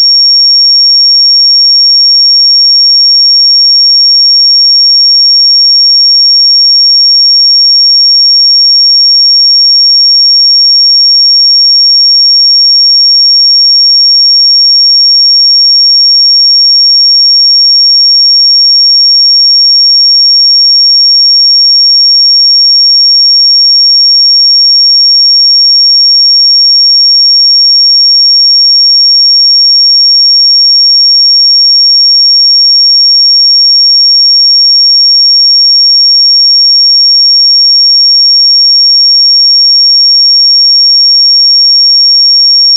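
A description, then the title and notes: A pure sine tone at 5536 Hz holds perfectly steady for the whole clip, a thin, piercing high whistle. Its loudness never changes, with no pulsing, breaks or other sounds underneath, just the single unwavering pitch against silence. 5536 Hz 1 Hz Interval Sine Pure Tone Frequency 441000 Sample Mono.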